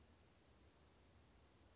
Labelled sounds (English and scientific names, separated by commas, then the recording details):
Chestnut-backed Chickadee (Poecile rufescens)
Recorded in Sonoma County, California